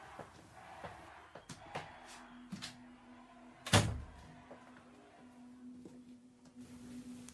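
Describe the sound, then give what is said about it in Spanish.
A door is closed as someone leaves, swinging shut with one loud, solid thud after a few soft clicks and taps. A faint low hum lingers afterward, and no one speaks. “Cierra la puerta cuando salgas.”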